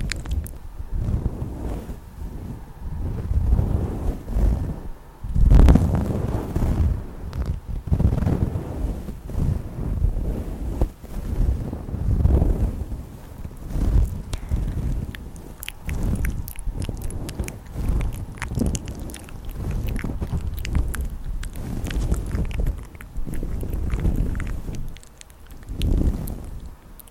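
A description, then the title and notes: Soft, uneven mouth sounds and low rubbing puffs come in irregular bursts, with a louder thump near five seconds and faint clicks throughout. ASMR Mouth Sounds and Tracing your Face.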